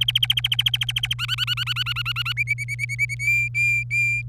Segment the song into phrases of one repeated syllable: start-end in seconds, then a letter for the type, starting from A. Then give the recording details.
0.01-1.14 A, 1.19-2.33 B, 2.37-3.15 C, 3.19-4.22 D. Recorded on 26 April 2018 at 15:52. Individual llb3